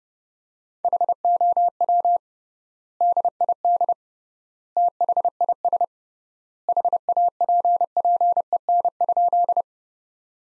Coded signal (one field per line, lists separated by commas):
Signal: Morse code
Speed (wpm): 30 wpm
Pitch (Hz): 700 Hz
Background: none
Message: HOW DID THIS HAPPEN?